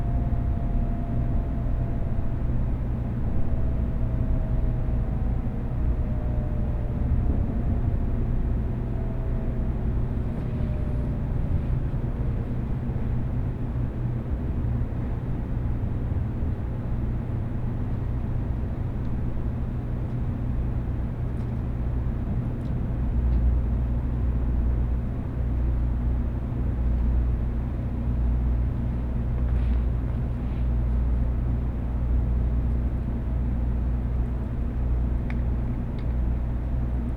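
Steady low rumble and hum inside a moving high-speed train, with a faint falling whine early on and occasional light clicks.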